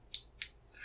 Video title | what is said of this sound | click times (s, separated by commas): #458 The awesome Lishi HON66 2 in 1 pick and decoder for Honda vehicles | like that so they'll click right in and now once that key is cut or your test key is cut | 0.1 s, 0.4 s